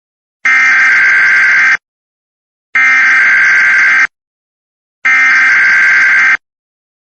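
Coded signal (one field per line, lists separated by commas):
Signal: Emergency Alert System (SAME) tones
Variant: header bursts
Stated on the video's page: Fictional EAS scenario for entertainment, not a real event.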